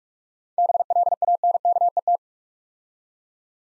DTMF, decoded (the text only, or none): none